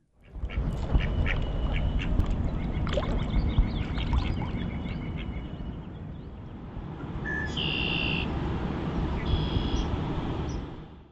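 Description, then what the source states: Mallard ducks calling with short nasal quacks over steady low rumbling noise, followed later by clear whistled notes from other birds. Mallards diving for food at a Virginia pond, morning of March 22, 2016, about 40 degrees Fahrenheit; red-winged blackbirds also singing out nesting territories.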